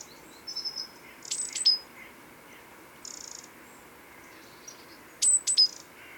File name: Parus major